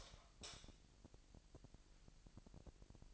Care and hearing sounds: daily activity, microphone in the room; light on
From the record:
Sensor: 5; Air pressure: 1002.0 hPa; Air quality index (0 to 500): 226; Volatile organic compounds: 30 ppm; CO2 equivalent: 2951 ppm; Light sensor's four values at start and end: 15/35/14/16 and 15/36/15/16

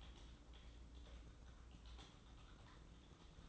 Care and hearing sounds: daily activity, microphone in the room; typing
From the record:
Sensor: 3

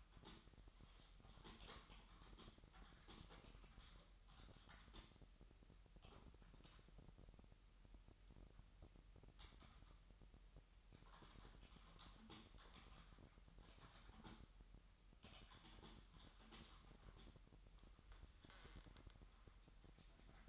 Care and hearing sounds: daily activity, microphone in the room; typing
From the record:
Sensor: 3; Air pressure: 1002.0 hPa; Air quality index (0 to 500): 246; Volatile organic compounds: 50 ppm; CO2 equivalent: 3295 ppm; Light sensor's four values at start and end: 13/42/17/16 and 12/38/16/14

